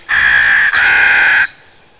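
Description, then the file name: Rook calling with two long, harsh, rasping caws back to back, the second slightly longer, then silence. "HAVRAN"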